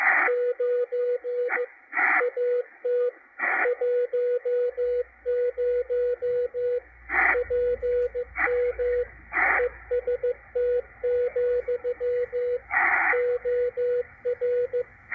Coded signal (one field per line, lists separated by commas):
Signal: Morse code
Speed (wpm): 15 wpm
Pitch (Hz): 490 Hz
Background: radio noise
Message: 9 AT 10 PM EST, OR